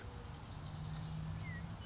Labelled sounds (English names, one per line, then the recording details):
Western Meadowlark
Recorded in Sonoma County, California